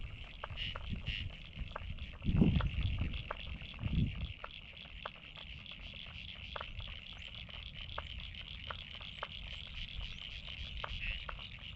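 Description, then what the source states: Frogs calling in a steady high chorus, with sharp clicks scattered irregularly throughout and a couple of low rumbles near the start. Frogs recorded at North Head, Sydney, Australia.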